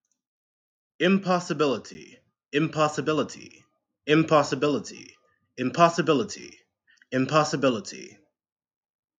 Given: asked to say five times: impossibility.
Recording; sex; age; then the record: repeated word; male; 20 to 29 years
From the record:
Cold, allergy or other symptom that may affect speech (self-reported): no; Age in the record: 22 years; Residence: Maryland, United States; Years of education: 13